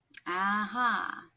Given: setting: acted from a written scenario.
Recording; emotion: vocal sound without words; realization